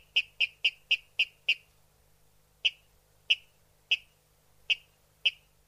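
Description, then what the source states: Water rail giving sharp, clicking kip notes, six in a quick series, then five more spaced roughly 0.6 to 0.8 seconds apart. Played back for a survey protocol.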